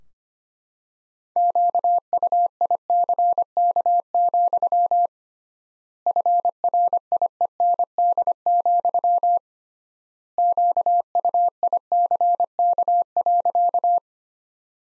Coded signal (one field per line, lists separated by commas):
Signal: Morse code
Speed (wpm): 25 wpm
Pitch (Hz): 700 Hz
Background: none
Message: QUICK, FRIEND, QUICK.